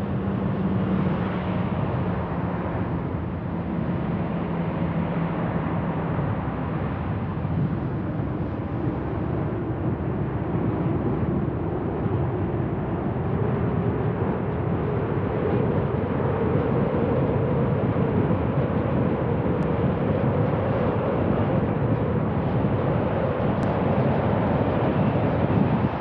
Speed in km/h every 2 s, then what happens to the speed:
28, 29, 32, 36, 40, 43, 47, 50, 52, 52, 52, 51, 48.
0-16 speeds up to 52. 16-26 steady at about 52.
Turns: none.